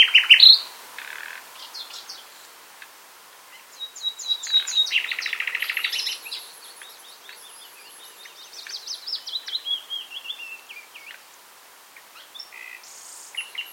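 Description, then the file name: Common nightingale song with varied phrases: sharp opening notes, a rapid buzzy trill, high thin whistles and fast chattering sequences, with short pauses between phrases. "Luscinia megarhynchos"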